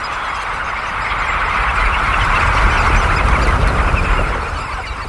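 Red knot flock chattering, a thick wash of overlapping calls that grows louder toward the middle and fades slightly, over a low rumbling background.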